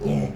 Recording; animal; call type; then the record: contact call of a hoofed animal; pig; closed-mouth grunt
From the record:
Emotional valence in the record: negative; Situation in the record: short social isolation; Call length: 0.37 s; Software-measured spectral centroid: 1480 Hz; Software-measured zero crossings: 780 a second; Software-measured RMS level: -24 dBFS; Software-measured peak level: -13 dBFS